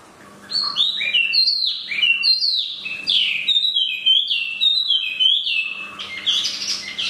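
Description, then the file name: Chinese hwamei song: a continuous run of loud, varied whistled phrases, sliding notes rising and falling, ending in a harsher burst; a faint low hum underneath. Used for training cage birds (omkicau). "audio-hwamei-mini-2-omkicau"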